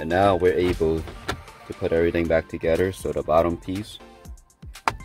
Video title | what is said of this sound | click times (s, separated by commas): #honda #led #diy Honda Odyssey shifter led replacement bulb | snaps in place and | 4.9 s